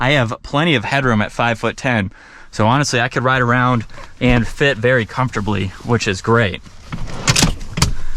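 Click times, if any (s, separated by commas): 7.8 s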